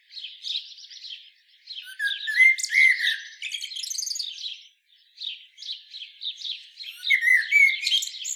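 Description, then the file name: Common blackbird giving repeated phrases, low warbles topped by shrill twittering, with a brief quiet gap midway and softer chattering between. "Turdus merula"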